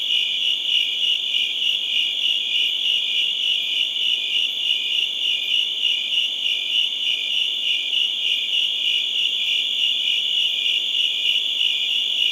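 Steady cricket trill, bright, rapidly throbbing and high, continuing throughout.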